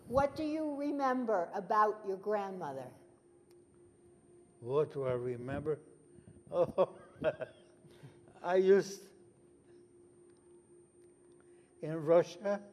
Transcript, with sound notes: What do you remember about your grandmother?
What do I remember? Oh, [Laughs] I used – in Russia?